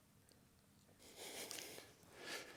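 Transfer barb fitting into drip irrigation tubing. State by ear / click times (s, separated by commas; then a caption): not seated / none. A plastic transfer barb fitting is being worked into a hole punched in drip irrigation tubing. Soft rubbing and squeaky friction noises rise in bursts, with a few brief sharp ticks. Nothing has seated or clicked yet.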